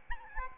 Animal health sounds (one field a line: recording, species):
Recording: mosquito wingbeat signal from an infrared sensor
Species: Aedes albopictus